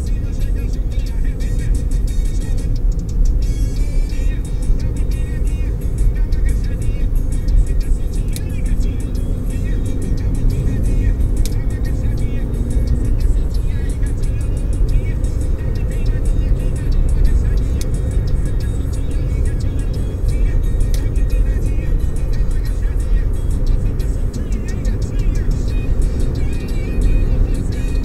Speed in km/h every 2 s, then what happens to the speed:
63, 64, 66, 68, 73, 81, 85, 88, 87, 86, 84, 85, 87, 89.
0-14 speeds up to 88. 14-28 steady at about 87.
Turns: none.